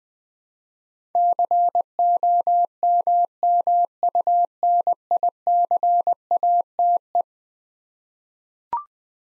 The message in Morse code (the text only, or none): COMMUNICATE